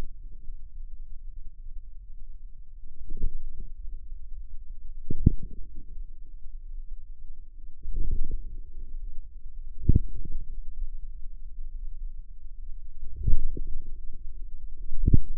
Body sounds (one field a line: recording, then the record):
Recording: forearm muscle sounds (acoustic myography)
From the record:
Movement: inward rotation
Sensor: system 2, bracelet of six BSWA MPA416 microphones around the upper forearm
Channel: 5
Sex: female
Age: 23 years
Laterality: right